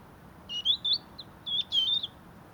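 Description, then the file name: European robin uttering two quick phrases of high, slightly warbled whistles with small up-and-down inflections, close together, background otherwise quiet. "Erithacus rubecula"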